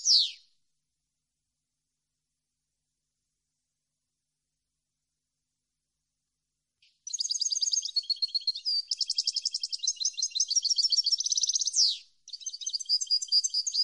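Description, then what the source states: European goldfinch: a brief falling note, about six seconds of silence, then a long bright twittering phrase with buzzy trills and a sweep, and another phrase beginning. Clean song compiled on a CD, intended for birds to copy.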